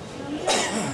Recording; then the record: coughing mixed with background sound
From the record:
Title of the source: Mid-morning Winter Coughing Fit